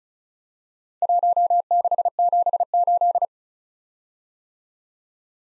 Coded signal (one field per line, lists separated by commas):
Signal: Morse code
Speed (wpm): 36 wpm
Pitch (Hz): 700 Hz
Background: none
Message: 1678